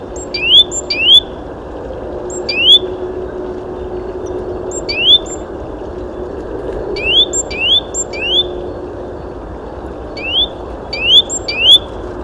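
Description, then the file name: Great tit calls: brief rising notes, often in quick pairs, repeated irregularly over a constant low rumble. "Parus major"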